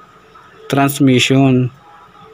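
A steel circlip that locks the transmission gear is being handled for fitting onto the gearbox shaft of a Bajaj CT100 motorcycle. Someone talks briefly from about 0.7 to 1.7 seconds over a quiet background. Nothing has seated or clicked yet.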